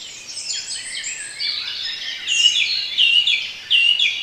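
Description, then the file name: Birdsong, quick high twitters and warbled phrases, louder toward the end. Bird sounds for relaxation. "relaksacja odglosy ptakow"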